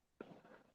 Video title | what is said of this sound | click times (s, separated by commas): Building my birthday present... PC Upgrade! | and you just slide it in and snaps in place. | 0.2 s